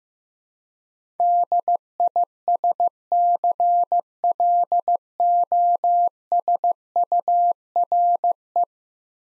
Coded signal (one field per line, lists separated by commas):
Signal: Morse code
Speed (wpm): 15 wpm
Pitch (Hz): 700 Hz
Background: none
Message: DISCLOSURE